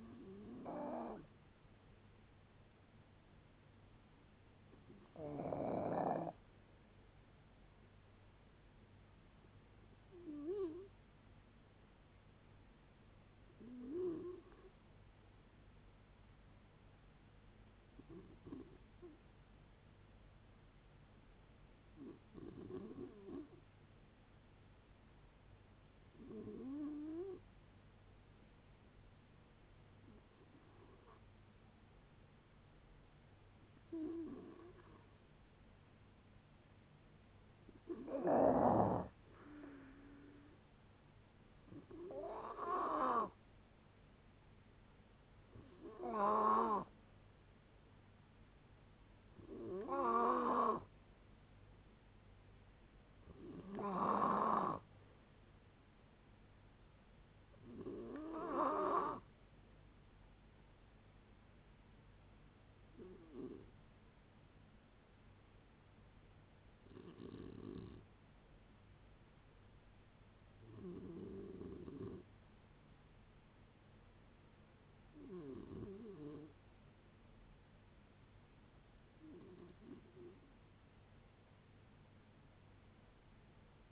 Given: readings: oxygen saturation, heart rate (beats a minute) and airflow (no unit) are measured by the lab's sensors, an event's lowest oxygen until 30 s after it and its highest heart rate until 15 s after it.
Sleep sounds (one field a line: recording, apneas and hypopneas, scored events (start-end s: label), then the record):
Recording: a person awake in a sleep study, by a voice recorder at the bedside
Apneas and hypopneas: none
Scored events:
0.00-83.92 s: awake
0.00-83.92 s: awake
From the record:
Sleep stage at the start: awake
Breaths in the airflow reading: 29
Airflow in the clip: -0.8 to 0.7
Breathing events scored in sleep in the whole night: 496 in 5.4 hours asleep